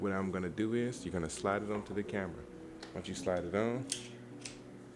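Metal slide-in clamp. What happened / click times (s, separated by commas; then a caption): The quick-release plate clicked into the mount / 4.5 s. A camera fitted with its quick-release plate is slid onto the mounting clamp of a DJI Ronin RS3 Mini gimbal while someone talks. A short, sharp click is heard at 4.5 s as the plate seats in the mount, though the click alone does not mean it is locked.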